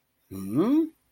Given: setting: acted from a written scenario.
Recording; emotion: vocal sound without words; interest